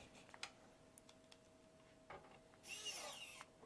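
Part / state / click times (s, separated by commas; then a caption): assembly screw into 3D printer frame / stripped / none. An electric screwdriver drives an assembly screw into the frame of an ELEGOO Neptune 3 Pro 3D printer. A few sharp ticks near 0.3–1.0 s are followed by a bright, high-pitched driver whir from about 2.6 to 3.4 s. The thread goes in crooked and the screw cross-threads, so nothing has seated or clicked.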